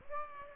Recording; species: mosquito wingbeat signal from an infrared sensor; Aedes aegypti